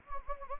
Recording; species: mosquito wingbeat signal from an infrared sensor; Anopheles gambiae